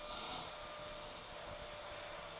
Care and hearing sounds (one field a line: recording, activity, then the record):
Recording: daily activity, microphone in the room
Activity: vacuum cleaning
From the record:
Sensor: 5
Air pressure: 1009.7 hPa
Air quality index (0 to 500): 167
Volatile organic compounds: 4 ppm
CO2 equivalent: 1619 ppm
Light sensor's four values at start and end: 109/287/118/126 and 109/287/117/126